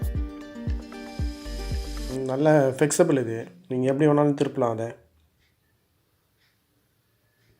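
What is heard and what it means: A Eureka Forbes vacuum cleaner's 2.5-metre flexible hose is being handled, with its end about to be clipped into the vacuum cleaner's inlet, while someone talks over music. The clip ends just before the part goes home, so nothing has seated or clicked yet.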